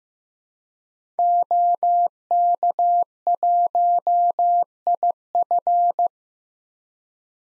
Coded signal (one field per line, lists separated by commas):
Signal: Morse code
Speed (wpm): 15 wpm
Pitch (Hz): 700 Hz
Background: none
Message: OK1IF